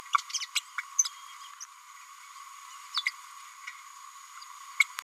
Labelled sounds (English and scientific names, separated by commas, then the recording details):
Green-rumped Parrotlet (Forpus passerinus) babbling
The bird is a female
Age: 30 days
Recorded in a nest box in Venezuela
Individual 17B102A5